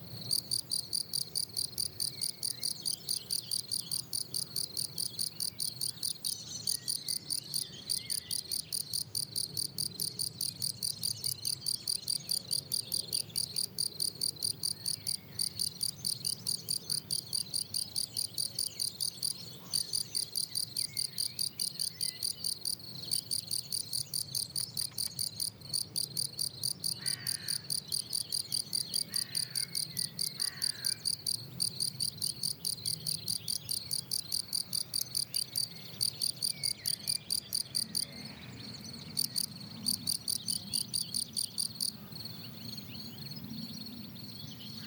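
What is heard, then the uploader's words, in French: A field cricket chirps steadily and rhythmically, a bright, shrill pulsing that holds the same even pace for the whole clip. A soft low rumble runs underneath, with a few faint scattered sounds in between, and the chirping briefly changes tone near the end. Un grillon champêtre. Plateau de Lesches en Diois - Nagra seven - mkh8040. Gryllus campestris. Voici un individu assez isolé et beau chanteur ou plutôt bruiteur, bien en rythme en cette journée qui s'annonce très chaude, il est 10h00 et il fait déjà 23°.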